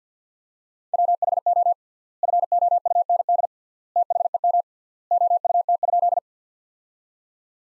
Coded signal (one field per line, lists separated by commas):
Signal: Morse code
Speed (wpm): 48 wpm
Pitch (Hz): 700 Hz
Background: none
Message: WHO FOUND THEM OUT?